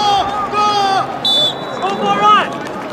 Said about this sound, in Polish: Z trybun słychać okrzyki zagrzewające zawodników do walki. Ci jednak, przynajmniej na razie, nie reagują na chińskie zawołanie "Dziają!", dopingujące sportowców do walki, ale na ruchy joysticków i modyfikacje wprowadzane z klawiatury komputerów.